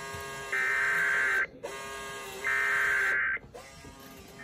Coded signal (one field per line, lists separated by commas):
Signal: Emergency Alert System (SAME) tones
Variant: header bursts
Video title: Tornado Warning in Kansas with Sage printer on EAS #28